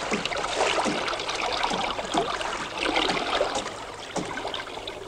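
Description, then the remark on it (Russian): Water of a river readied for timber rafting flows steadily in a dense, hissing wash, with brief splashing surges rising out of the constant rush. No voices are heard. “Готовность к сплаву на реке.”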